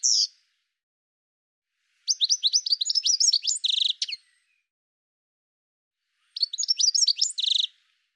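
Bird song: a brief high note, then two bursts of rapid, varied chirps and trills sliding high, the first lasting about two seconds and the second just over one, over a silent background.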